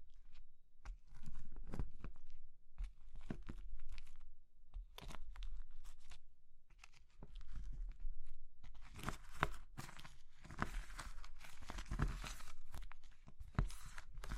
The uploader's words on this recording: ASMR Oddly Satisfying Crushing Triggers Soap, Chalk, Meringue, Pastel (No Talking).